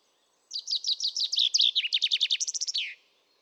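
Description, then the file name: Common chaffinch song: a single phrase of rapid, sharp high notes in several repeated sections, ending in a downward flourish. "Fringilla coelebs"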